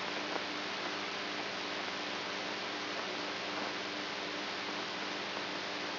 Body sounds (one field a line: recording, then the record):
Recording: brain microelectrode recording played as sound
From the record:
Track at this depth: outside the subthalamic nucleus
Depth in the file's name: 7.304 mm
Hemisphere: right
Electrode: 3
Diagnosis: Parkinson's disease